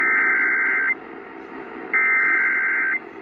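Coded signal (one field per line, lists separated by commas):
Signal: Emergency Alert System (SAME) tones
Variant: header bursts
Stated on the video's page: Tornado warning EAS tones received on AM 870 kHz in New Orleans.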